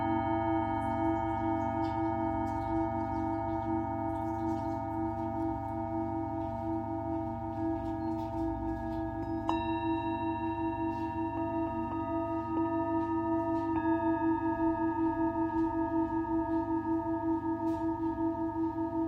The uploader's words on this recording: Tibetan Singing Bowl のサウンドヒーリング. シンギングボウル.